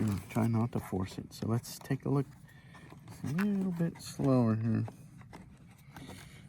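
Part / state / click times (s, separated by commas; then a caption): respirator component clips onto mask or hood / partly seated / 5.4 s, 6.0 s. Someone talks while a PAPR respirator component is pressed slowly onto its mask or hood without forcing it. Two faint clicks follow at 5.4 s and 6.0 s. Only two of the three clips engage.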